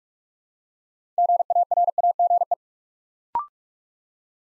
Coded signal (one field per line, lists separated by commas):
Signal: Morse code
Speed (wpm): 44 wpm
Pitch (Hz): 700 Hz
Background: none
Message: GARAGE